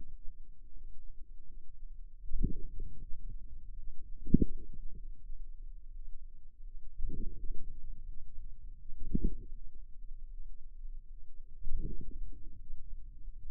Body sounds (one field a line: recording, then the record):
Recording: forearm muscle sounds (acoustic myography)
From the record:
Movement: inward rotation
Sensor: system 2, bracelet of six BSWA MPA416 microphones around the upper forearm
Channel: 3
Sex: female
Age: 23 years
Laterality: right